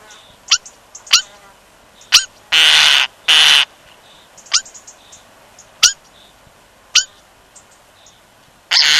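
European starling calls: brief, sharp clicks and ticks, with two loud, grating rasps in the middle and another at the end.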